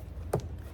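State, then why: Seated. A plastic hose connector is slid into the inlet port of a DeWalt 5.5 peak HP 10-gallon shop vacuum over a low background hum, with a sharp snap at 0.3 s followed by a faint tick just after. The connector snaps into place, seated and locked so it won't come off.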